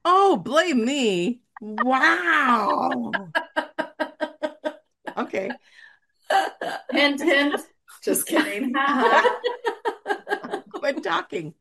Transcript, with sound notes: Oh, blame me.
(laughs)
Wow. (laughs) Okay.
(laughs) Hint, hint. Just kidding. (laughs)
Quit talking.